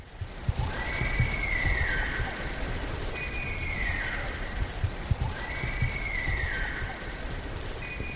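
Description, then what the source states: Sika deer calling with high, drawn-out whistles that slide downward at the end, repeated several times over steady low rumbling background noise. Wild sika deer in Ireland, heard in the morning past the end of the rut; a much higher-pitched call than the fallow's, described as the real natural sika call.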